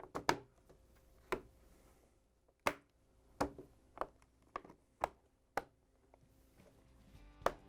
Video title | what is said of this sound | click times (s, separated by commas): How To: Samsung French Door Hinge DA61-03230B | you have the heater snapped in place you can close the refrigerator door | 0.3 s, 2.7 s, 3.4 s, 5.6 s, 7.5 s